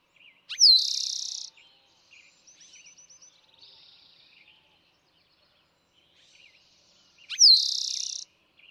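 Eastern towhee song: a loud sharp down-slurred note flowing into a buzzy rapid trill, given twice about seven seconds apart, with faint chips and twitters of other birds between.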